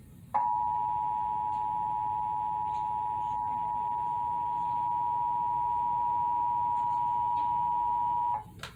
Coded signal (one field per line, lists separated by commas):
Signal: Emergency Alert System (SAME) tones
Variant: 853 and 960 Hz attention tone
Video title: EAS #414: Required Monthly Test - Indiana (11/18/2021) (Comcast)